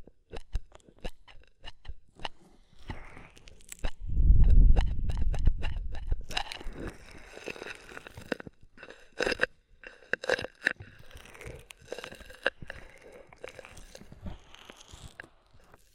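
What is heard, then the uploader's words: An ear massage with oil and foam: sharp, crackly taps and squelches, irregular and fairly quick. Around four to six seconds a deep, muffled rubbing swells up loudly, then fades into a denser stretch of fizzy, popping foam crackle with scattered louder clicks. ASMR Oil, Foam and Tingly Ear Massage.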